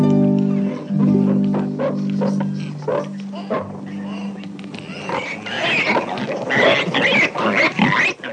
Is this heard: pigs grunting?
yes